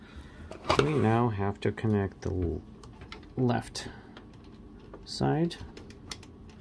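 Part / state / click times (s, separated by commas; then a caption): cable connector into the printer's internal board socket / not seated / none. Someone talks while handling the left-side cable connector inside a Brother HL-L8260CDW laser printer during a fuser roller replacement, working it toward its plastic socket on the printer's internal board. Faint short ticks and taps from the handling sound between the speech. The connector has not seated or clicked into place yet.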